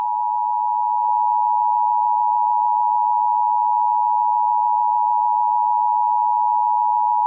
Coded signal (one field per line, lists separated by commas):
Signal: Emergency Alert System (SAME) tones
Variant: 853 and 960 Hz attention tone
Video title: EAS MOCK 26 CHILD ABDUCTION FOR MINNESOTA